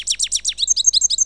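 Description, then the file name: Bird song, a few sharp descending chirps followed by quick high twittering notes. "Seyreh - Bird Sound"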